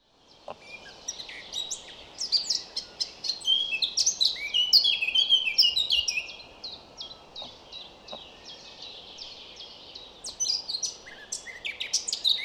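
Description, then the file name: Eurasian blackcap song: rapid high chattering notes building into a dense warbled burst, then quieter twitters. Late the high notes return, over constant low noise. "Sylvia atricapilla"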